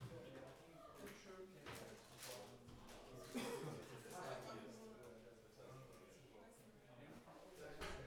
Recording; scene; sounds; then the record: everyday scene through a hearing-aid microphone; many people talking; many voices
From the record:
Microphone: behind the ear, left, rear